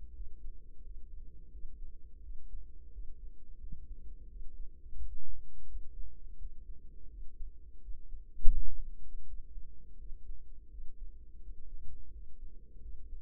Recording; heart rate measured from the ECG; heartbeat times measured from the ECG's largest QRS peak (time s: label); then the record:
heart sounds by microphone in the right ear; 85 bpm
0.10 s: heartbeat
0.79 s: heartbeat
1.48 s: heartbeat
2.18 s: heartbeat
2.88 s: heartbeat
3.56 s: heartbeat
4.25 s: heartbeat
4.94 s: heartbeat
5.64 s: heartbeat
6.34 s: heartbeat
7.06 s: heartbeat
7.78 s: heartbeat
8.50 s: heartbeat
9.23 s: heartbeat
9.94 s: heartbeat
10.67 s: heartbeat
11.38 s: heartbeat
12.08 s: heartbeat
12.78 s: heartbeat
From the record:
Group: healthy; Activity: rest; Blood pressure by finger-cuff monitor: 118/69 mmHg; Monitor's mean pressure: 87 mmHg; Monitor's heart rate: 85 bpm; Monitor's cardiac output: 7.3 L/min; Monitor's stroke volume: 86 mL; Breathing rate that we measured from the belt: 21 breaths a minute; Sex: female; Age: 32 years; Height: 172 cm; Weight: 71.7 kg